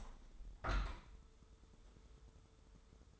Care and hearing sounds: daily activity, microphone in the room; open window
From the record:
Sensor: 3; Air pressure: 995.7 hPa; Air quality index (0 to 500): 94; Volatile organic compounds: 12 ppm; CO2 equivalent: 2340 ppm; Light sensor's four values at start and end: 27/82/35/30 and 28/84/35/31

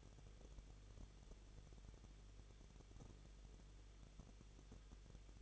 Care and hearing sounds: daily activity, microphone in the room; no activity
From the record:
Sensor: 4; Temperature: 23.0 degrees Celsius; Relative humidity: 34.3%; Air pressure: 1007.3 hPa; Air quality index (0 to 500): 217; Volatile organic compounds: 15 ppm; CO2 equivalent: 2515 ppm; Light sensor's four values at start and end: 2/3/1/1 and 2/3/1/1

